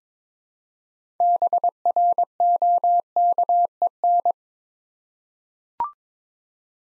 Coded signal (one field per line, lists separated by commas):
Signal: Morse code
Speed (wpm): 22 wpm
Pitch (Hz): 700 Hz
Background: none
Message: BROKEN